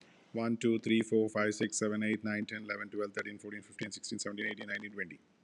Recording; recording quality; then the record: counting at a fast pace; excellent, no background noise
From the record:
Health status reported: healthy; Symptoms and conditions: none ticked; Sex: male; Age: 42 years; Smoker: yes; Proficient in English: yes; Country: India